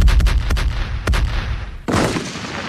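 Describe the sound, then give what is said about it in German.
A chain of sharp blasts from a homemade bomb chain of 12 VW cylinders screwed together goes off in quick, irregular succession, loud and booming, then gives way to a harsh, crackling roar of explosions near the end. No voices. “Seine in mühevoller Kleinarbeit selbst entwickelte Bombenkette aus 12 gegeneinander geschraubten VW-Zylindern belohnt mit fulminanter Wirkung sein reges Interesse am fachkundlichen Unterricht in der Kreisberufsschule.”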